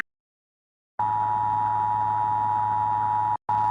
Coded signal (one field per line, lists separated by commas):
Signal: Emergency Alert System (SAME) tones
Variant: 853 and 960 Hz attention tone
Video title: TRUE RULERS. an EAS Scenario Special.